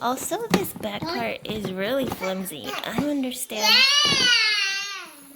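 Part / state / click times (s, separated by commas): plastic back panel into a toddler potty base / not seated / none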